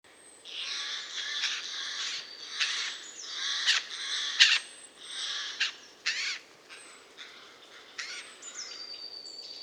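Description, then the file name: Eurasian jay calling with loud, grating screeches, several in quick succession, then more spaced outbursts. "Garrulus glandarius"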